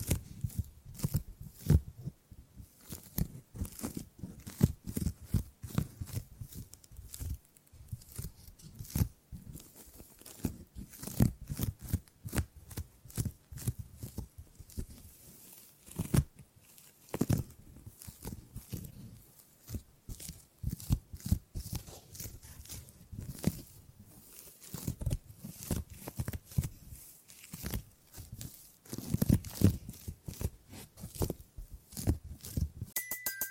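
Gripping and grabbing sounds, a dense run of short rustling and scraping contacts that continues for the whole stretch with no real pauses. The handling is irregular and fast, with thuddy low weight under crisp crinkling and tearing-like textures, and occasional louder grabs.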